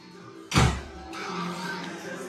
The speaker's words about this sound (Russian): Что там за звук? Ничего, просто дверь душа снова приоткрывается.